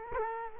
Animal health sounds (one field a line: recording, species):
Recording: mosquito wingbeat signal from an infrared sensor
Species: Culex quinquefasciatus